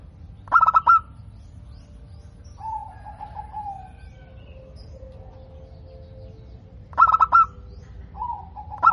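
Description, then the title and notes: Zebra dove cooing: a loud stuttered burst, a long rolling lower coo, then further stuttered bursts near the end, over steady low background noise. Local-strain zebra dove singing frequently and actively, its voice described as crystal-clear and loud. "PERKUTUT LOKAL GACOR Suara KRISTAL LANTANG. Kicau Burung Perkutut"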